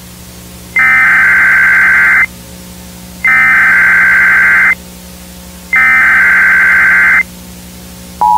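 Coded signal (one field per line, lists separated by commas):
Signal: Emergency Alert System (SAME) tones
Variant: header bursts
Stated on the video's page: Fan-made fictional EAS scenario with a civil emergency message.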